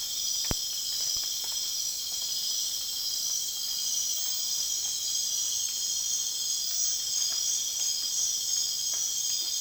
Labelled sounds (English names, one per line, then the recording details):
none
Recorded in dense forest near Puerto Asís, Putumayo, Colombia, on 19 June 2025 at 21:00
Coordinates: 0.466, -76.327
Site GP04